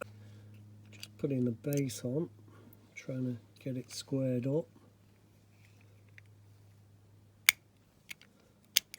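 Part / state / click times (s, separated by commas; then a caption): base plate onto diecast model truck body / seated / 7.5 s, 8.8 s. Someone talks while squaring up the base plate of a Matchbox K-10 Scammel Contractor Pipe Truck diecast model and pressing it onto the body, then sharp clicks ring out at 7.5 s and 8.8 s. The base is seated on the body, with a springing effect.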